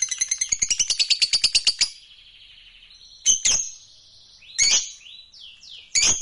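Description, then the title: Lovebird song: a rapid run of sharp, buzzy chirps for about two seconds, then a pause and short shrill squeaks and chips. Fighter-type lovebird singing energetically (gacor). "Berkat SUARA Lovebird FIGHTER GACOR Ini"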